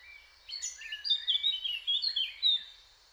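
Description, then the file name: Eurasian blackcap song: a rich, fluty warble of quick, varied high phrases starting after half a second and running almost to the end. "Sylvia atricapilla"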